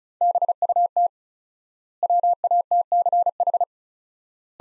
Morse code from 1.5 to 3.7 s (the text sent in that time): WATCH